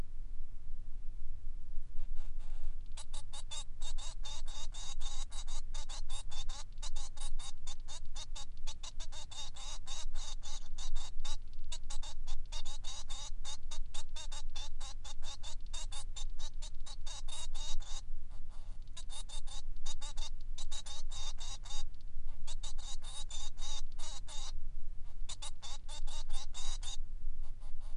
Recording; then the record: song of a male Bengalese finch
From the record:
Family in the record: son of father 3